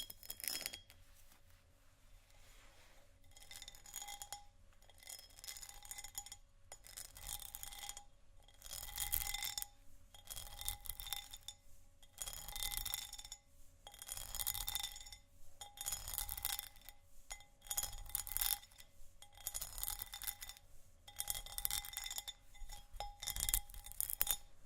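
Textured glass is scratched in bursts of rough, bright rasping, roughly one stroke every second or two, with short gaps between. Thin ringing tones hang under the strokes, and occasional light clinks and taps sit among them over a low, steady hum.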